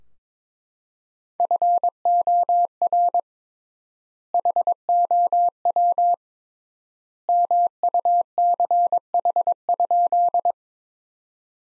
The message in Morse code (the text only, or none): FOR HOW MUCH?